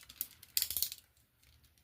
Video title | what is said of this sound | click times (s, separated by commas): Transformers MP-36 Megatron KO (Infinite Transformation) | to lock into place | 0.6 s